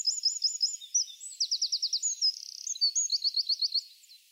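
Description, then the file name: Eurasian wren song, shrill and hurried, with quick repeated notes rolling into a dry rattling trill and ending in a further burst of rapid notes. "Troglodytes troglodytes"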